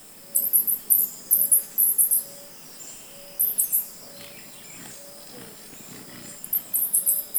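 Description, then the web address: Black jacobin calls: clusters of very high, thin, sharp chips in short bursts, over soft background noise. "sound Black-jacobin. صدای-پرنده-گلنوش-سیاه"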